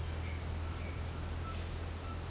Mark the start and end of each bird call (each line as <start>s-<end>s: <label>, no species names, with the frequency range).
1.34s-2.30s: bird call (0.8-1.6 kHz)